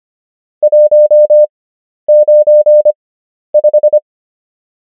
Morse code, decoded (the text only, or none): 195